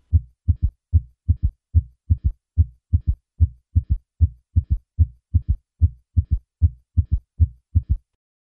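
Adult heart heard by stethoscope at the apex: a third heart sound (S3), a low-pitched extra sound following the second heart sound, giving a triple rhythm at about 74 beats per minute.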